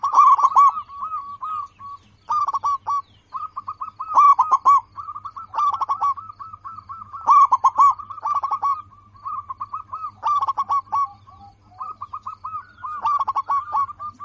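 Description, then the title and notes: Zebra dove song: long strings of quick, evenly pitched coo notes, punctuated every couple of seconds by louder, buzzier rolled phrases. Local perkutut described as singing persistently, with a loud, crystal-clear voice. "PERKUTUT LOKAL GACOR Suara KRISTAL LANTANG. Kicau Burung Perkutut"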